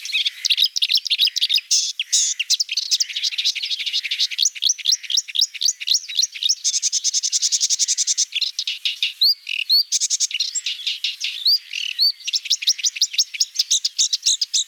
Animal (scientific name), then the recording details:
Acrocephalus palustris. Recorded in the wild. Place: Waltershofen / Freiburg im Breisgau, Baden-Württemberg, DE. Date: 2006-05-06. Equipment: MiniDisc Sharp MT 20 H. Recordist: Schwarz, Dieter. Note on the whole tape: Song